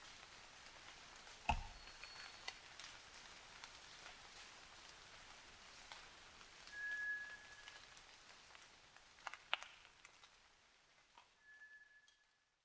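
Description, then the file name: White's thrush giving faint, drawn-out level whistles several seconds apart, one higher and two lower, amid thumps, dripping clicks and steady hiss. Recorded at night, 29 June 2009, 23:14. "toratugumi 20090629-2314"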